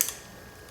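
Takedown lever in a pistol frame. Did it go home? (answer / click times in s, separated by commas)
released / 0.0 s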